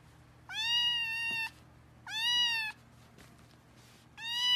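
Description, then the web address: Cat giving repeated meows: two level-pitched meows, the first about a second long and the second shorter, then a third beginning as the recording ends. "Kucing"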